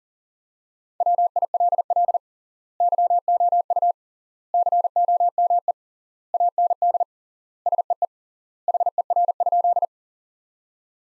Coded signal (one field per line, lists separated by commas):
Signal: Morse code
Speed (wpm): 37 wpm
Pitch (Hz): 700 Hz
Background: none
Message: WILL YOU COME AND SEE HER?